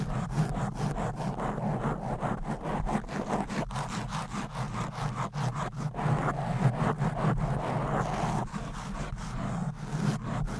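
Fast, aggressive scratching with long nails across a microphone, a dense run of quick rough strokes packed close together for the whole stretch. A steady low rumble sits underneath, and the loudness holds fairly even with small surges throughout.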